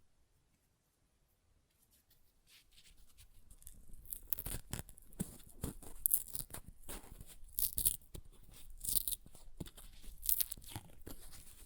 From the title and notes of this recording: ASMR Paper Ripping Tearing Sounds (No Talking).